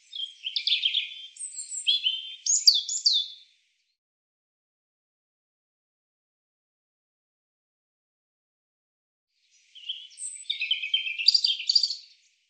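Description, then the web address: European robin song: a phrase of fast, jumbled high twitters and liquid notes, a long quiet gap, then a second similar tumbling phrase. "cianscape birddata Deverinetal 2025 Bird Er Ru"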